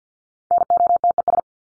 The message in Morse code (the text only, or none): NOTES